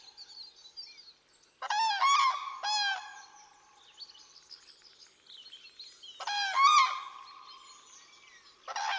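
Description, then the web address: Crane trumpeting in loud rattling bursts: a few quick notes near two seconds, a longer call around six to seven seconds, faint calling between. "bird crane"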